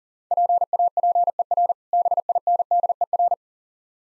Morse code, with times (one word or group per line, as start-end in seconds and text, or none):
0.3-1.7 PAPER
1.9-3.3 BINDER